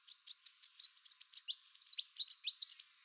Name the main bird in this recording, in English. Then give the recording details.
Chestnut-capped Warbler. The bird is a male. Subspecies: delattrii. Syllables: 21. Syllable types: 19. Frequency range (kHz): 2.8-9.6 kHz. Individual CR-NOYS-M